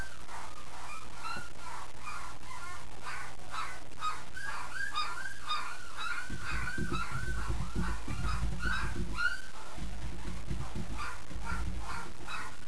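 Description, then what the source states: Dog: puppies whining and yelping, high arched cries repeated rapidly in overlapping bursts, joined by low rumbling noise from about six seconds on. Several puppies.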